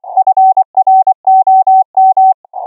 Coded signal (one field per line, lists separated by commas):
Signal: Morse code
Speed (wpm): 24 wpm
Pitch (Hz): 760 Hz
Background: none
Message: FROM